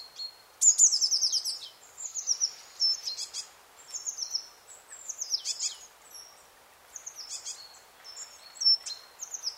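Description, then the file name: Eurasian blue tit giving high, fast, trilled and buzzy call bursts, repeated irregularly every second or two, over a quiet background. "Cyanistes caeruleus"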